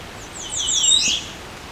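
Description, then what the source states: American Redstart song: a quick run of thin, high, down-slurred notes lasting about a second, over faint background hiss. Bird directly above the recordist in a spot very dense with American Redstarts; Carolinian forest in Dundas Valley below the Niagara Escarpment, Hamilton, Ontario.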